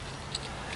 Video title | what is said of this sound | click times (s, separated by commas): BSA R10 SE - Airgun Review - theGunLocker #airgunreview #airguns #shooting | It feeds in from the left hand side. Nice little click. | 0.3 s